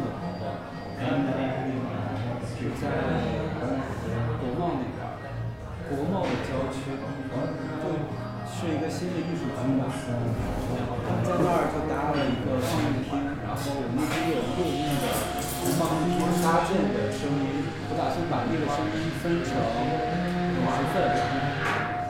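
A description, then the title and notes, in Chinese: Sitting in a café: a steady murmur of overlapping voices fills the whole stretch, with no single speaker standing out for long. Short clinks and clatters of cups or cutlery break through every few seconds, and a faint low hum sits underneath throughout. 坐在咖啡馆有点开心｜城市声音。北京地坛旁边 没有特地录说话声。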